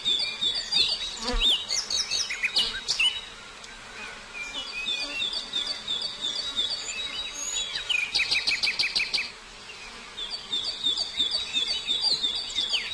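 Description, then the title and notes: Prinia singing high, rapid chirps and twitters in bursts, with a fast buzzy trill near the eighth second, over a constant background hiss. Complete song including the ngerol rolling song style. "Suara Kicau Burung Prenjak Lengkap dan Ngerol"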